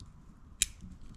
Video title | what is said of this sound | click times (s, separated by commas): Sn95 Mustang GT Pioneer Stereo install and Dash color Change! Ep6 | positive click | 0.6 s